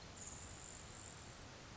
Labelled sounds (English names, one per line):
Grasshopper Sparrow